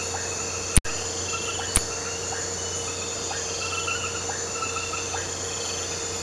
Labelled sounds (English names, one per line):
none